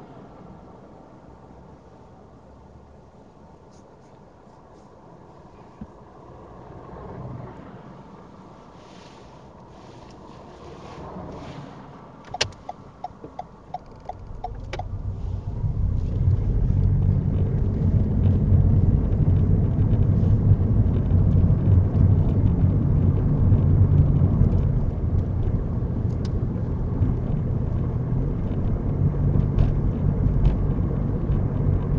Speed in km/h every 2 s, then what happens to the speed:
0, 0, 0, 0, 0, 0, 6, 18, 24, 31, 35, 37, 37, 39, 40, 40.
0-11 standing. 11-19 pulls away to 35. 19-32 steady at about 37.